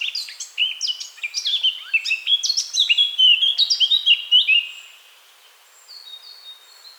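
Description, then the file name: Eurasian blackcap song: a lively warbling run of mixed chirps and whistled notes for about four and a half seconds, then silence and a few faint notes. "Sylvia atricapilla"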